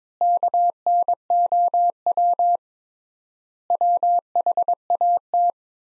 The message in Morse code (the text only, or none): KNOW WHAT